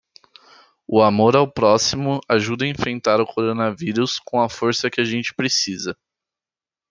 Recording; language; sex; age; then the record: spoken sentence; Brazilian Portuguese; male; 18 to 19 years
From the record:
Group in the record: control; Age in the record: 18 years